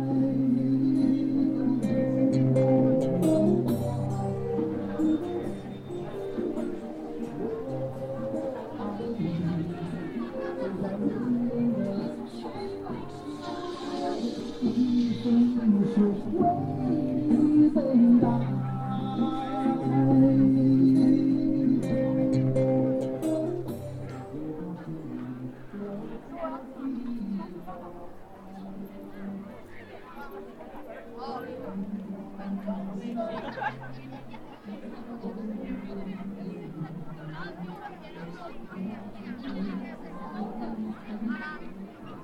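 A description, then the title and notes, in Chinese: At Hongyadong in Chongqing, a steady murmur of many overlapping voices chatters throughout, louder for the first twenty-five seconds, then slightly softer. 重庆洪崖洞。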